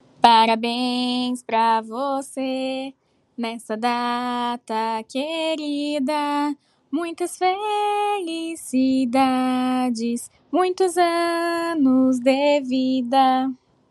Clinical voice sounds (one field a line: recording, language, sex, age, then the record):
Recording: short text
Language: Brazilian Portuguese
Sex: female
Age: 20 to 29 years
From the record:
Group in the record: control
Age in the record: 28 years